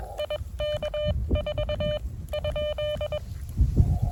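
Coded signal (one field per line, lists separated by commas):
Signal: Morse code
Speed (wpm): 22 wpm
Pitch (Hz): 600 Hz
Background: none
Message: IK4 ?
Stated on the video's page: CW park activation at a state park.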